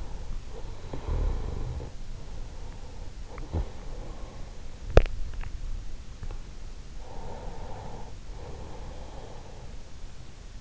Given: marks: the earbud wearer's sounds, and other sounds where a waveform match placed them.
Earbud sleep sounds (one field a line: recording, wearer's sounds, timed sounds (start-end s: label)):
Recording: sounds in sleep by an in-ear microphone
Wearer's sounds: breath, swallowing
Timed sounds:
0.73-4.10 s: breath
4.10-5.59 s: swallowing
6.79-10.12 s: breath